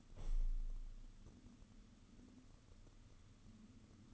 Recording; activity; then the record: daily activity, microphone in the room; open window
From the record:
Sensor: 4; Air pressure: 995.2 hPa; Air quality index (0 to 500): 189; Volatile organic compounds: 113 ppm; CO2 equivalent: 3833 ppm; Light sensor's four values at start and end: 5/12/4/5 and 6/13/5/6